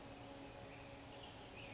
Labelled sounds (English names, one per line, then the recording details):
California Towhee
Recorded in Sonoma County, California